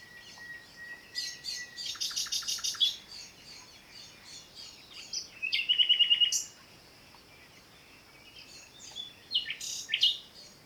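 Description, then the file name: Common nightingale song mixing a drawn-out whistle, a fast rattling series, and a loud rapid trill, separated by short pauses. "Luscinia megarhynchos"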